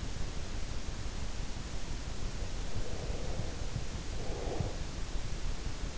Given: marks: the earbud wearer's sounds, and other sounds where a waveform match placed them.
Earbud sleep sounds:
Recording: sounds in sleep by an in-ear microphone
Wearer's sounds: breath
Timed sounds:
2.67-4.90 s: breath

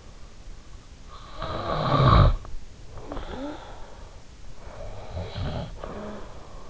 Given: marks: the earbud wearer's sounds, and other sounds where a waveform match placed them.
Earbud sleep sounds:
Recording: sounds in sleep by an in-ear microphone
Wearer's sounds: snoring breath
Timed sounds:
1.01-3.81 s: snoring breath
4.33-6.67 s: snoring breath

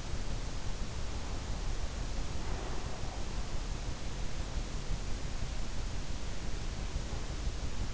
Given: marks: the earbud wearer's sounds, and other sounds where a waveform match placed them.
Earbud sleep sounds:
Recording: sounds in sleep by an in-ear microphone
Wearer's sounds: breath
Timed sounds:
2.14-3.61 s: breath

